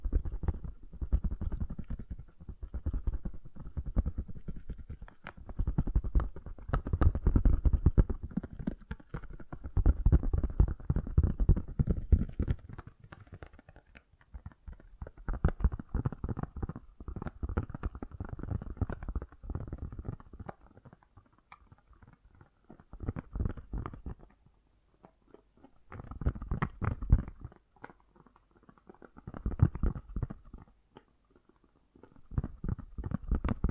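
Fast, gentle tapping comes in dense rapid bursts, mostly low and soft with a slight hollow knock. The flurries swell and ease throughout, heaviest around 6 to 12 seconds, with brief quieter gaps near 14, 21 and 25 seconds before the tapping resumes.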